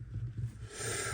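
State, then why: Not seated. A tool piece is set back into its slot in a storage case, over a steady low hum with faint scraping and a hiss that grows louder after about 0.7 seconds. Nothing clicks or locks in; the piece just sits loosely in the slot.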